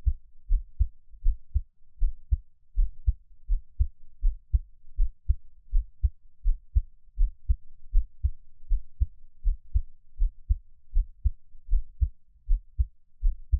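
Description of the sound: Soft, low, paired thumps repeat steadily at about 80 beats a minute, with no talking or other sounds. This is a gentle, calm, regular adult heartbeat at a resting rate.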